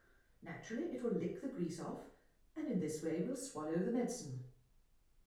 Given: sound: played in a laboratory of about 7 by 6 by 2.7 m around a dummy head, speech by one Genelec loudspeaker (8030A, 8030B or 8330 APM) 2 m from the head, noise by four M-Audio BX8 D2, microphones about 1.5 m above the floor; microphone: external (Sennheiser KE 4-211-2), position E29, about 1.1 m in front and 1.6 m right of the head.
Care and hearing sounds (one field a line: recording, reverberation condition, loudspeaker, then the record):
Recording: female speech in English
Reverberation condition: medium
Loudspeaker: 150 degrees to the right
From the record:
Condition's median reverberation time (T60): about 510 ms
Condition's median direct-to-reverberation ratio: about -0.5 dB